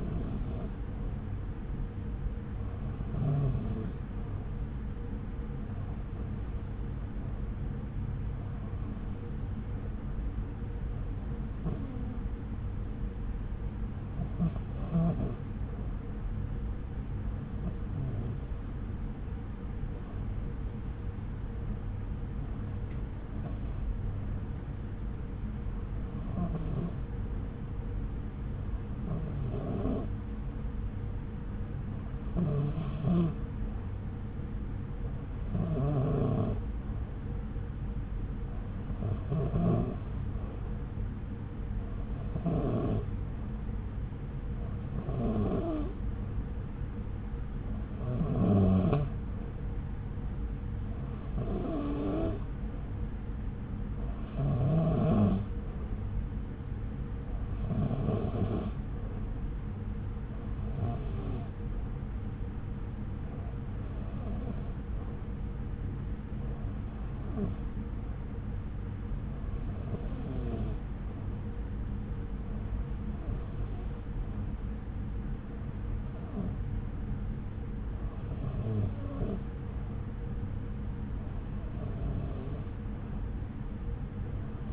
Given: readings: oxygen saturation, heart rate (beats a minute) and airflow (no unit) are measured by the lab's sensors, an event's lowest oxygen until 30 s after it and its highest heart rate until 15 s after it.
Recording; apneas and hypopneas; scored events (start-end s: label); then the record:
breathing in sleep by a smartphone at the bedside; none
none scored
From the record:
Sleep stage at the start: REM sleep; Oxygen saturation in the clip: 92 to 93%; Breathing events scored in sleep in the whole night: 303 in 8.1 hours asleep